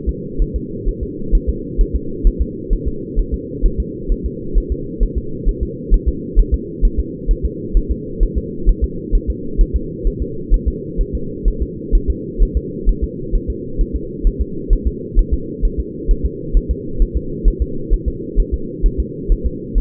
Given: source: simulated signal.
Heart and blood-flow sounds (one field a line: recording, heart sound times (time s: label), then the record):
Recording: fetal heart sounds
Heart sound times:
0.09 s: S2
0.42 s: S1
0.56 s: S2
0.89 s: S1
1.03 s: S2
1.35 s: S1
1.49 s: S2
1.81 s: S1
1.96 s: S2
2.27 s: S1
2.42 s: S2
2.73 s: S1
2.88 s: S2
3.19 s: S1
3.34 s: S2
3.66 s: S1
3.80 s: S2
4.12 s: S1
4.26 s: S2
4.58 s: S1
4.72 s: S2
5.03 s: S1
5.18 s: S2
5.49 s: S1
5.63 s: S2
5.94 s: S1
6.08 s: S2
6.40 s: S1
6.54 s: S2
6.85 s: S1
7.00 s: S2
7.31 s: S1
7.45 s: S2
7.77 s: S1
7.92 s: S2
8.23 s: S1
8.38 s: S2
8.69 s: S1
8.84 s: S2
9.15 s: S1
9.30 s: S2
9.61 s: S1
9.76 s: S2
10.07 s: S1
10.22 s: S2
10.54 s: S1
10.68 s: S2
11.01 s: S1
11.15 s: S2
11.48 s: S1
11.62 s: S2
11.95 s: S1
12.10 s: S2
12.43 s: S1
12.57 s: S2
12.89 s: S1
13.04 s: S2
13.35 s: S1
13.50 s: S2
13.81 s: S1
13.96 s: S2
14.27 s: S1
14.42 s: S2
14.73 s: S1
14.88 s: S2
15.19 s: S1
15.34 s: S2
15.65 s: S1
15.80 s: S2
16.11 s: S1
16.25 s: S2
16.57 s: S1
16.71 s: S2
17.02 s: S1
17.17 s: S2
17.48 s: S1
17.62 s: S2
17.94 s: S1
18.08 s: S2
18.40 s: S1
18.54 s: S2
18.86 s: S1
19.00 s: S2
19.32 s: S1
19.46 s: S2
19.78 s: S1
From the record:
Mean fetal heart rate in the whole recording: 130 bpm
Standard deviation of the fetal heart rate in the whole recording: 2 bpm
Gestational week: 38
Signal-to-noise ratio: -4.3 dB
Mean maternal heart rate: 72 bpm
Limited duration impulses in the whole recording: absent